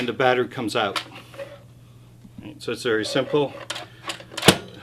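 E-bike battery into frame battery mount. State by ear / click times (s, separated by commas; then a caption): seated / 4.5 s. Someone talks while an Aventon Level e-bike battery is pushed back into its frame battery mount. A couple of small knocks lead to one sharp, loud latching snap at 4.5 s as the battery seats in place.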